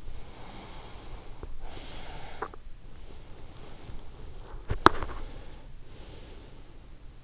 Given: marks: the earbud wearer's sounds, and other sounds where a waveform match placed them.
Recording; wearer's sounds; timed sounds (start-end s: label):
sounds in sleep by an in-ear microphone; breath, swallowing, teeth grinding
0.28-2.66 s: breath
1.26-2.66 s: swallowing
4.57-5.21 s: teeth grinding
4.98-7.23 s: breath